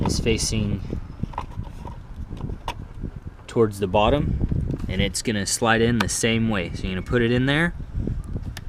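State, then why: Not seated. A wiring harness connector is lined up with its tab facing the bottom and slid toward the fuse box module (TIPM) of a 2011 Dodge Caravan during a fuel pump relay repair. Someone talks over faint taps and handling sounds. Nothing has seated or clicked yet.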